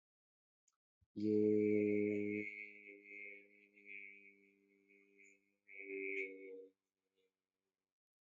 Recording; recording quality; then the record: sustained vowel as in made; excellent, no background noise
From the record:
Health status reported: healthy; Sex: male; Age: 34 years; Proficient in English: yes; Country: India